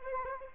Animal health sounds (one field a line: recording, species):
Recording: mosquito wingbeat signal from an infrared sensor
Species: Anopheles arabiensis